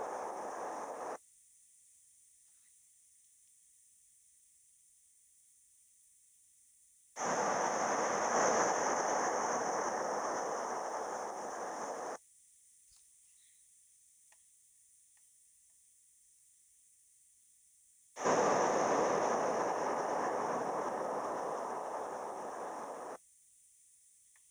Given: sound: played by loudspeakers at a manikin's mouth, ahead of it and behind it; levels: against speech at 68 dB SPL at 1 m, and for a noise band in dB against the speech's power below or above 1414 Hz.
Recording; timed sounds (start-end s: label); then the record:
test signals for a remote microphone
0.00-1.16 s: speech-spectrum noise from the mouth, turned 45 degrees left
7.16-12.16 s: speech-spectrum noise from the mouth, facing ahead
18.16-23.16 s: speech-spectrum noise from the mouth, turned 45 degrees right
From the record:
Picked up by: remote microphone C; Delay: 23 ms